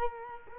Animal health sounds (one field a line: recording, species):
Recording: mosquito wingbeat signal from an infrared sensor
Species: Culex quinquefasciatus